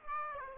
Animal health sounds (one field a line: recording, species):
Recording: mosquito wingbeat signal from an infrared sensor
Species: Aedes aegypti